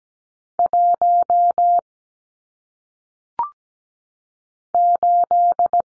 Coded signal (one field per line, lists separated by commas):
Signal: Morse code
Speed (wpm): 17 wpm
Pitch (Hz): 700 Hz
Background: none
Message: 1 8